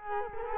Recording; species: mosquito wingbeat signal from an infrared sensor; Culex quinquefasciatus